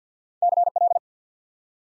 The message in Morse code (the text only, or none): CL